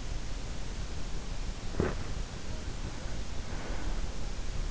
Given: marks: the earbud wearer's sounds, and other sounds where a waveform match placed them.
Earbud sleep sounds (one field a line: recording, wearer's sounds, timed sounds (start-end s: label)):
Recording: sounds in sleep by an in-ear microphone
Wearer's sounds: body movement, breath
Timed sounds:
1.11-3.05 s: body movement
3.05-4.54 s: breath